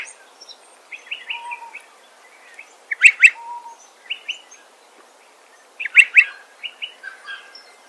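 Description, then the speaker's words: Striated Pardalote calls: two bursts of short, sharp paired notes, with softer chips between them. Bird feeding on lerps in the tree canopy at Murray Bridge, regional South Australia, with a second pardalote possibly answering in the distance. "You can hear striated pardalote eating lerps in the tree canopy."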